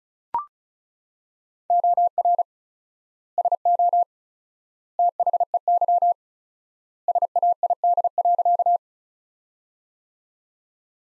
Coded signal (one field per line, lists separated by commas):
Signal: Morse code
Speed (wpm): 36 wpm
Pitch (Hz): 700 Hz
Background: none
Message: OR SO THEY SAID.